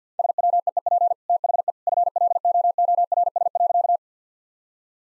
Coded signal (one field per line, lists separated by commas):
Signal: Morse code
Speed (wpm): 50 wpm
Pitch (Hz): 700 Hz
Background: none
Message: SWEEP THE FLOORS.